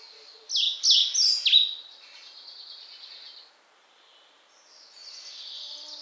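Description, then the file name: European pied flycatcher singing a brief burst of high descending strokes and whistles, followed by faint high hissing notes fading in and out. "Muholovka pestrushka"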